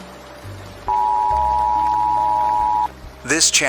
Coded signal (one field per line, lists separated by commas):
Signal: Emergency Alert System (SAME) tones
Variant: 853 and 960 Hz attention tone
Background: speech, music